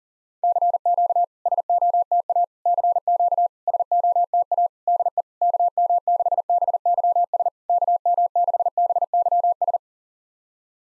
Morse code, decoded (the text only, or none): CQ SOTA CQ SOTA DE KM6BYS KM6BYS